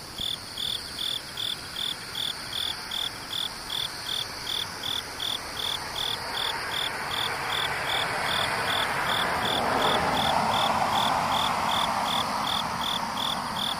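Insects chirp in a steady, regular pulse, a bright high note repeating about twice a second for the whole clip, over a fainter shrill buzz above it. A low rushing sound builds from about six seconds, peaks near ten, then eases slightly.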